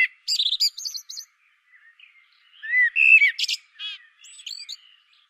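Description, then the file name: Common blackbird song: buzzy high twitter notes at the start, a pause, then a rich fluted warble followed by scratchy, squeaky notes. "Turdus merula"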